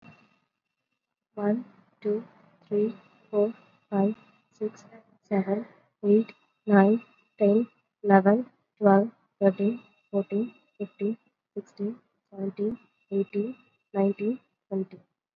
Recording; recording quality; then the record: counting at a normal pace; excellent, no background noise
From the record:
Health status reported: COVID-19 positive, mild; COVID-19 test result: positive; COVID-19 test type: RT-PCR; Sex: female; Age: 25 years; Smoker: no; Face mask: not worn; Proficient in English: yes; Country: India